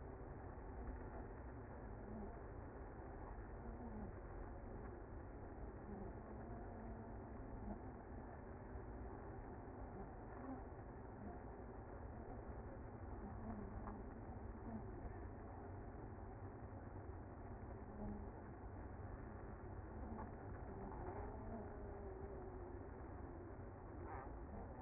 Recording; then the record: honeybee colony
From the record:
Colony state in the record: active